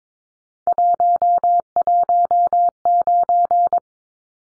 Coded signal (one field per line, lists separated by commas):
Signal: Morse code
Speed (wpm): 22 wpm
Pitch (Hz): 700 Hz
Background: none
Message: 119